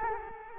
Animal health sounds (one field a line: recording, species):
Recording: mosquito wingbeat signal from an infrared sensor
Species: Culex quinquefasciatus